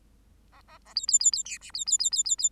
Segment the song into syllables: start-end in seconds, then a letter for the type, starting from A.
0.52-0.61 A, 0.67-0.78 A, 0.85-0.94 A, 0.95-1.06 B, 1.08-1.19 B, 1.20-1.31 B, 1.32-1.43 B, 1.45-1.58 C, 1.61-1.71 D, 1.74-1.85 B, 1.86-1.98 B, 1.99-2.10 B, 2.12-2.23 B, 2.25-2.36 B, 2.38-2.49 B